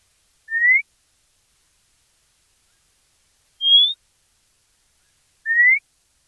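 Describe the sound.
White monjita giving three short clean whistles, two rising at mid pitch and one higher slightly rising note, separated by long silent gaps.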